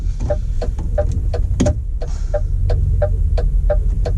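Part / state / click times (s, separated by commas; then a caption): device prongs into in-cab charging cradle / not seated / none. A device is being slid onto the bottom piece of a charging cradle in a truck cab, where three prongs should go into three holes and lock into place. A steady ticking, which is the truck's indicator rather than the cradle, runs over a low engine hum, with a few sharper knocks around 1.0, 1.3 and 1.6 seconds. The device has not seated or clicked into the cradle yet, so it will not lock in and will not charge.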